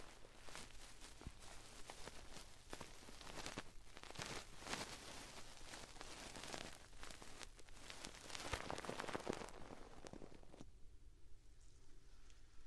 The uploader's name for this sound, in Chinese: 纯耳骚—右耳版（鹅毛棒，挖耳勺）